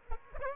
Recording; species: mosquito wingbeat signal from an infrared sensor; Aedes aegypti